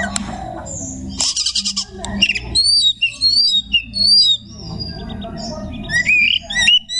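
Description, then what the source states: Magpie-robin song: a buzzy burst followed by a series of sweet, high slurred whistles and scratchy notes, over a faint low hum. Song style called tembakan ngekek.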